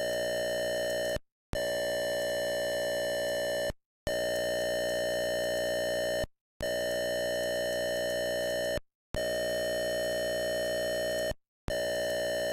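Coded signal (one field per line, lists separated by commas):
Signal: computer data on cassette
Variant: Atari 8-bit cassette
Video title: Atari 400 Mini Coming soon, Data Cassette Tape Loader - Game - Demon Attack by IMAGINE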